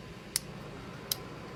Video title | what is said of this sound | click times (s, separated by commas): How to make a Neopixel Blade Plug | should do a nice snap into place if it doesn't go in easily that just tells you need to sand a little bit more off | 0.4 s, 1.1 s